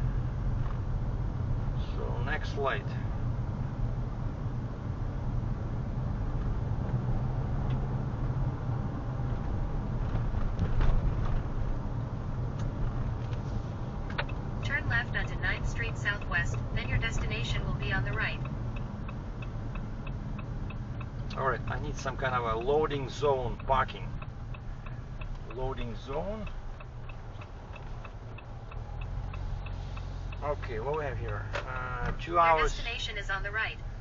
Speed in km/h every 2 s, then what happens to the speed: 40, 42, 42, 46, 48, 48, 47, 46, 44, 41, 34, 27, 20, 13, 8, 11, 13.
0-7 speeds up to 48. 7-14 steady at about 47. 14-27 slows to 8. 27-34 steady at about 11.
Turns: 26-31.